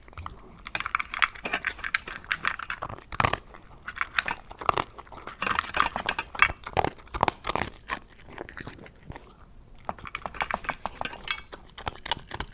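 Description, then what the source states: Dog eating, with irregular crunching and clattering against a bowl, bursts of rapid chewing clicks broken by short pauses. Dog eating and drinking.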